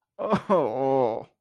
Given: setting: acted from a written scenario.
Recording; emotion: vocal sound without words; embarrassment